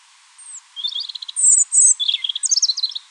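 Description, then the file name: European robin song: a thin downslurred whistle, a quick trill, shrill high notes and a jumble of twittering at the end. "Erithacus rubecula"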